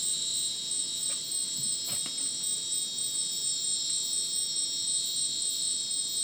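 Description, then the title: Crickets in a shrill electronic-sounding chorus of steady tones topped by rapid pulsed chirps, with a few faint clicks. Dense insect chorus sounding like a polyrhythmic electronic concert, after sunset in dense rainforest, Madidi National Park, Ucumari, Bolivia; AT BP4029 microphone, MixPre 6 recorder. "Madidi National Park, Ucumari, Bolivia - Supersonic Crickets in the rainforest"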